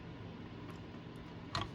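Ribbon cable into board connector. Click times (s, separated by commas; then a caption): 1.5 s. A flat ribbon cable is pushed much farther into a board connector in a TurboGrafix16 CD drive under repair for a disc that won't spin. Over a steady low background hum, a sharp tick sounds at 1.6 seconds as the cable seats, and the fit is judged good.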